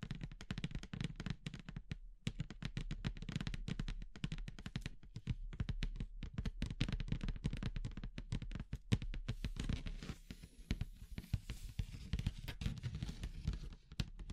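Wood, bamboo and straw handled as natural triggers, giving a dense run of quick crisp taps, clicks and crackles with hardly a pause. A low rumble sits underneath throughout, and after about nine seconds a soft hiss rises behind the clicking.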